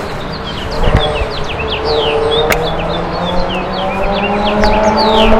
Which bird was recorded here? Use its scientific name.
Haemorhous mexicanus